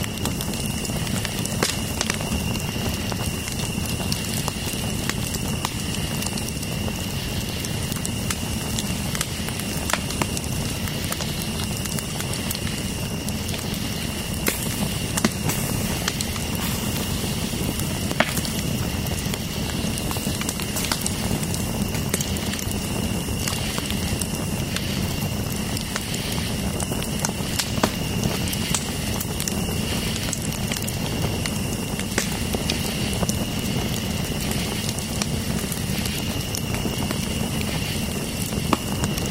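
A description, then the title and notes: A campfire crackles steadily, with frequent sharp pops of embers scattered throughout and a soft hiss from the burning wood. A low, constant rumble sits underneath, while a thin, high insect chirp holds a steady tone across the whole clip. Soothing Crackling of a Campfire. The relaxing and soothing sounds of a crackling campfire and chirping insects. Listen to the gentle hissing of the wood, the peaceful popping of the embers, and the occasional distant wildlife sounds. Campsite Fire.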